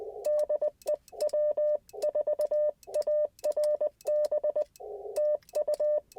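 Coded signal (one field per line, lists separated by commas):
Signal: Morse code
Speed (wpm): 20 wpm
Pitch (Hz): 590 Hz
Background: none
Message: DE W4ARB TU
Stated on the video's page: Slow-paced QRP CW Parks on the Air activation in a national forest using an IC-705 and ATAS antenna.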